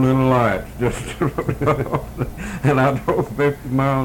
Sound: laughs

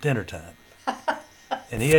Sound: laughter

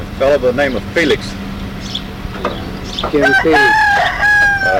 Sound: rooster crowing

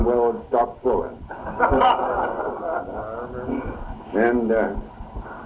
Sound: laughing

